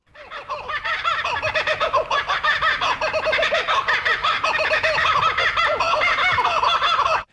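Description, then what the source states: Kookaburra laughing: a rapid, rolling stream of loud chuckling notes, sustained for about seven seconds. Laughter described as a glorious victory sound declaring territory.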